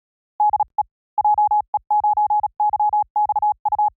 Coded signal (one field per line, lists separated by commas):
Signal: Morse code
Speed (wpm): 37 wpm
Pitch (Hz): 840 Hz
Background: none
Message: DE JE9YXU